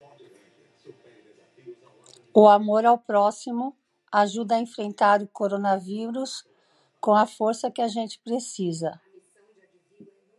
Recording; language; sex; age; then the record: spoken sentence; Brazilian Portuguese; female; 60 to 69 years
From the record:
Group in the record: control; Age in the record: 60 years